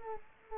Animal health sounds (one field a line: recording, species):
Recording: mosquito wingbeat signal from an infrared sensor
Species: Culex quinquefasciatus